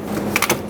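A quick-connect fuel line is pushed onto its fuel tank fitting on a 2008-2010 Ford F-250 with the 5.4L engine during a fuel pump replacement. A sharp click at 0.4 s is followed by two quieter clicks close after it, over a low steady background. The connector seats and is confirmed on.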